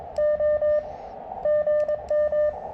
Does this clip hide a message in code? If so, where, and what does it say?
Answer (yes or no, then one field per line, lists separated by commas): yes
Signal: Morse code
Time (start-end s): 0.2-2.5 s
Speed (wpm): 22 wpm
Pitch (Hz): 600 Hz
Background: none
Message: O GM